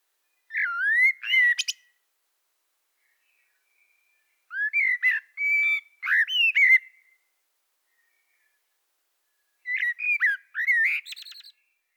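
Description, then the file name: Common blackbird giving three separate fluty, wavering whistled phrases with scratchy high flourishes, spaced by silent gaps of a few seconds. "Turdus merula"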